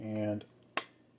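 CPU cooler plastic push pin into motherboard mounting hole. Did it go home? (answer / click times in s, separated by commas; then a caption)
yes / 0.8 s. Someone talks briefly as the first plastic push pin of a CPU cooler is pressed through its mounting hole in a Gigabyte Gaming X Z490M motherboard, during an upgrade from a Celeron to an i3-10320. At 0.8 s the pin snaps in with one sharp, loud click, followed by quiet handling. The pin is seated.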